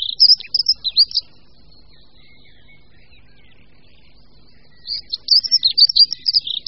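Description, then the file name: Dunnock song: a short burst of thin, jumbled, high notes, then several seconds of quiet before a second quick warbling phrase. "Pěvuška-modrá"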